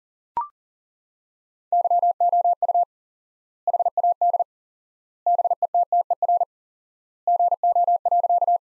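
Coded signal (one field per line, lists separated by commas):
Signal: Morse code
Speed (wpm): 40 wpm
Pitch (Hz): 700 Hz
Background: none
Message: YOU HAD BETTER GO.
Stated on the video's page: Morse practice of sentences from the top 400 words at 40 wpm with 4x standard word spacing, a Farnsworth-like method.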